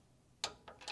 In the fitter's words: okay got a click there